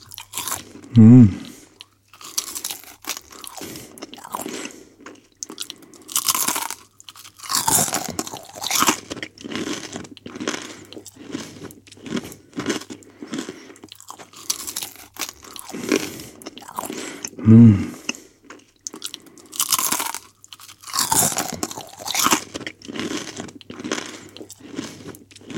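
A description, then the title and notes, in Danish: Crisp bacon being crunched close to the microphone, with irregular bursts of crackly, brittle bites and chewing throughout. Two louder, heavier crunches stand out, near the start and about two-thirds through. A faint low hum sits underneath in a quiet small room. Nyd den intense – nærmest hypnotiserende – lyd af sprød bacon, der knases for åben mikrofon.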